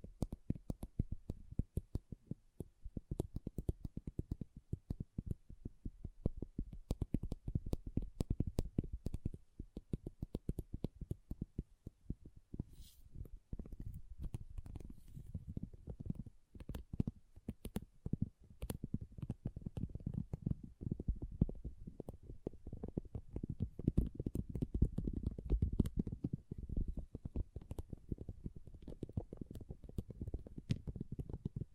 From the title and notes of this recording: ASMR Relaxing Pixel Art Beads ( No Talking).